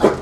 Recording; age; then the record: pig call; growing-finishing pig (85 days or more)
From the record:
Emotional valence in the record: positive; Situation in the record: run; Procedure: transit